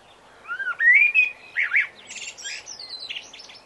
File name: Birdsong Blackbird